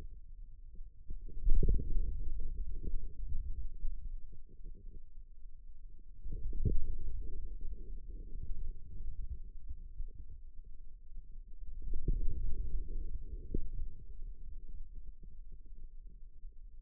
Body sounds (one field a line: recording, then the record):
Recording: forearm muscle sounds (acoustic myography)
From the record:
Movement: inward rotation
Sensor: system 2, bracelet of six BSWA MPA416 microphones around the upper forearm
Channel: 3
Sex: male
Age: 22 years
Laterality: right